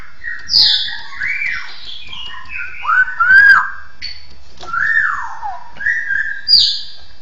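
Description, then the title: Bird song of clear whistled phrases, some rising and some falling, in short bursts separated by brief pauses. "SuaraBurung Kicau"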